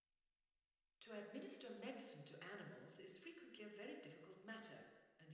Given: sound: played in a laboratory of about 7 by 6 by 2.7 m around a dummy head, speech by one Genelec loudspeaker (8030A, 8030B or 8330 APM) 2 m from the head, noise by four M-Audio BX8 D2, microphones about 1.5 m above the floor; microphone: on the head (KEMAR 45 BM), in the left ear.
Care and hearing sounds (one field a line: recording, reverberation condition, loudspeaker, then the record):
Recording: female speech in English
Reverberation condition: high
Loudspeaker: 60 degrees to the left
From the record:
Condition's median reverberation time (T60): about 1300 ms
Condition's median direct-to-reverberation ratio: about -4.0 dB